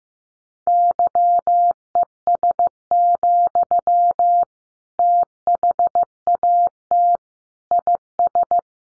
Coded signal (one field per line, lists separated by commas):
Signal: Morse code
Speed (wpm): 15 wpm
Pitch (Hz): 700 Hz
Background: none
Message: YES, THAT IS